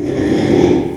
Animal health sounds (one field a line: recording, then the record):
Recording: squeal of a Yucatan mini pig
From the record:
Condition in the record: after surgery on the right vocal fold (resection and tissue-engineered implant)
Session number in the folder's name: 4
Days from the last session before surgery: 42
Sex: male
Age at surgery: 12 weeks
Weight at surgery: 13 kg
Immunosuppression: cyclosporine, prednisolone